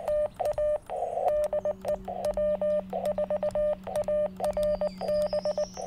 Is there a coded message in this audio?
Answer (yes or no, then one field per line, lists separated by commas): yes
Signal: Morse code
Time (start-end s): 0.1-5.6 s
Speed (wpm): 19 wpm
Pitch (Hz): 600 Hz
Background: radio noise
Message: TA DE W4ARB